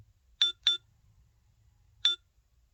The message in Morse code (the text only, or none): none